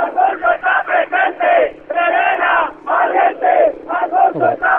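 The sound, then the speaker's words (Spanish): A loud protest crowd in a heated atmosphere shouts in rhythmic, chant-like bursts, many voices rising and falling together in steady pulses with brief gaps between each shout. “Es que impresiona escuchar los gritos, ¿eh?”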